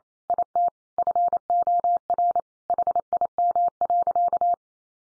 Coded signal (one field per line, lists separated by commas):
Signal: Morse code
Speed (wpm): 28 wpm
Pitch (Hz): 700 Hz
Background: none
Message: IT FOR HIM.